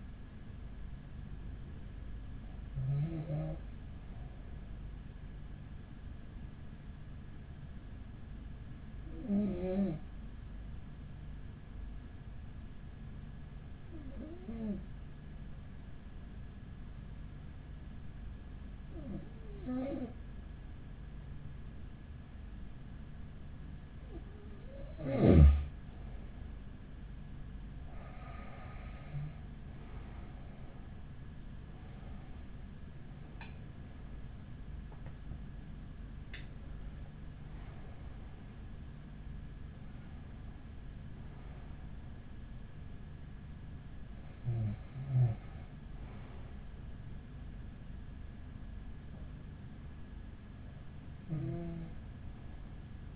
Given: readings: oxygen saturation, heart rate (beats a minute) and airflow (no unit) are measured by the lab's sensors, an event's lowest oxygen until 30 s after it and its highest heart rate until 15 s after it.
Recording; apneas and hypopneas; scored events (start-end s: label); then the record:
breathing in sleep by a smartphone at the bedside; 1
7.00-26.60 s: hypopnea (N1, oxygen 97% highest, then 94% lowest, heart rate 45 at the start, 57 highest)
From the record:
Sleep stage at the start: N1 (lightest sleep); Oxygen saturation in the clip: 94 to 97%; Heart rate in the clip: 42 to 57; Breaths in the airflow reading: 11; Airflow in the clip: -8.1 to 15.0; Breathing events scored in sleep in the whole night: 207 in 7.6 hours asleep